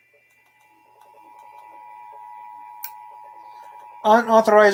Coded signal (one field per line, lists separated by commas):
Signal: Emergency Alert System (SAME) tones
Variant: 853 and 960 Hz attention tone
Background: speech